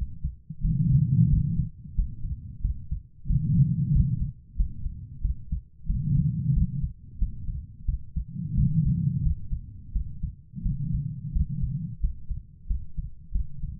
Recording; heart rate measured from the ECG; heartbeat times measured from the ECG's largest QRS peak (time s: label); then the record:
heart sounds by stethoscope; 90 bpm
0.61 s: heartbeat
1.28 s: heartbeat
1.95 s: heartbeat
2.61 s: heartbeat
3.26 s: heartbeat
3.91 s: heartbeat
4.56 s: heartbeat
5.21 s: heartbeat
5.86 s: heartbeat
6.53 s: heartbeat
7.18 s: heartbeat
7.85 s: heartbeat
8.54 s: heartbeat
9.22 s: heartbeat
9.92 s: heartbeat
10.62 s: heartbeat
11.32 s: heartbeat
11.99 s: heartbeat
12.66 s: heartbeat
13.31 s: heartbeat
From the record:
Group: healthy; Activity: rest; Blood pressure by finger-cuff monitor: 134/71 mmHg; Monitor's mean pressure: 95 mmHg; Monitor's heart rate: 91 bpm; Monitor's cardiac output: 8.2 L/min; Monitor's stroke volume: 93 mL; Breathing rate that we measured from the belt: 24 breaths a minute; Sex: female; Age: 32 years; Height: 172 cm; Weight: 71.7 kg